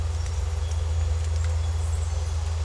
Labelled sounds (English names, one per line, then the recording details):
none
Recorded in secondary vegetation near Puerto Asís, Putumayo, Colombia, on 21 December 2024 at 14:00
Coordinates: 0.468, -76.324
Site G095